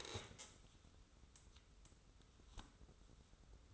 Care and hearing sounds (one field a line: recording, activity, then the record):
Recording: daily activity, microphone in the room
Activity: stand up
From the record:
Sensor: 3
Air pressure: 994.4 hPa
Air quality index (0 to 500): 199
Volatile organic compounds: 1000 ppm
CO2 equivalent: 6604 ppm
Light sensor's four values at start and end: 175/415/177/176 and 187/444/189/192